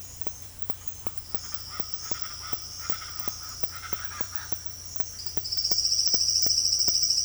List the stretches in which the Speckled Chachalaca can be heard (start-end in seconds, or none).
1.03-4.80